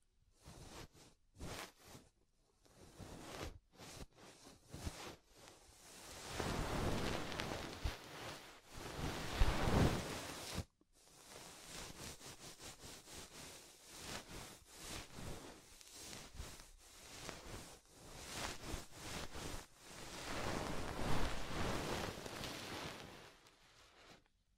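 Soft, fluffy ASMR rustling and brushing, with quick crackly taps early on, then dense, steady swishing that swells and fades repeatedly throughout.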